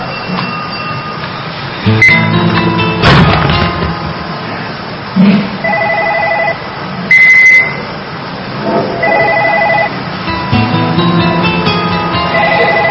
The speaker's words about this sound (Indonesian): Umi, gak usah diangkat telepon itu.